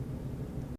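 A replacement lid-position sensor, a small plastic switch, is being handled and pushed toward its mount in an Instant Pot pressure cooker housing to fix a lid error. Only a steady, low rumbling noise is heard for about 0.8 seconds before the sound cuts off abruptly. Nothing has seated or clicked yet.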